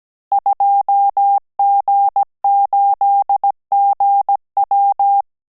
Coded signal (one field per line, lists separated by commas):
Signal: Morse code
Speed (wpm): 17 wpm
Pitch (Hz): 800 Hz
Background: none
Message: 2G8GW